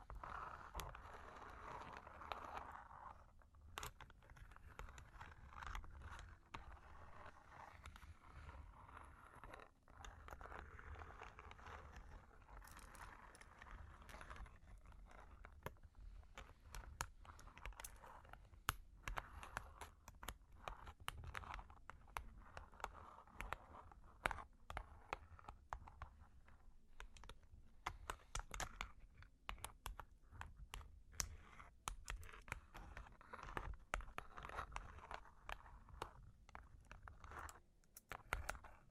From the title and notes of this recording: Long Claws Tapping and Scratching (No Talking).